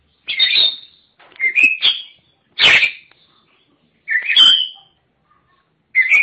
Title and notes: Suara Kicauan Burung Kacer Durasi Panjang. Suara kicauan burung kacer format mp3 durasi panjang